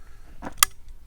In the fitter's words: So take that off and it just snaps in place